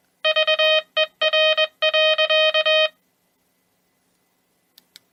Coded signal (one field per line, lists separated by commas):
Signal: Morse code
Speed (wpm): 21 wpm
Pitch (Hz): 620 Hz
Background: music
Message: VER.